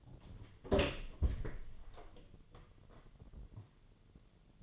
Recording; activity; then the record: daily activity, microphone in the room; open door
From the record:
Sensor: 4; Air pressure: 1008.1 hPa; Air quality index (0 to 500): 180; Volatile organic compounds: 5 ppm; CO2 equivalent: 1793 ppm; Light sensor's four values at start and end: 24/77/29/28 and 23/72/27/26